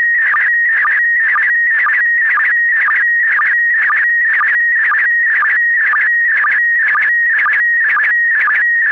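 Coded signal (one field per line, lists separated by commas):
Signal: SSTV (slow-scan television)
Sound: warbling tone near 2 kHz, interrupted by regular low chirps about twice a second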